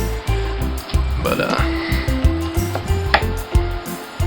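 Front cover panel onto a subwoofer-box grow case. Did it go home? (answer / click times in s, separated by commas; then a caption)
yes / 2.8 s, 3.1 s. The front cover panel of a grow case built from an old subwoofer box is pressed back on over the speaker hole while someone talks over a steady background hum. Two sharp, short knocks land at 2.7 and 3.1 seconds, the second much louder, as the cover pops into place and seats.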